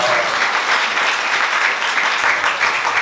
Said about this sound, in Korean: 박수 한번 쳐주세요.